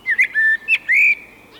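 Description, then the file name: Eurasian blackbird singing a short run of mellow, fluted notes with a rising slurred whistle near the end. "koltrast"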